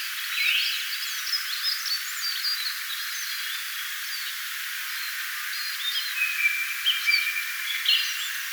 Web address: paivat 25 4 2025 ensimmaisen laulurastaan laulua tana kevaana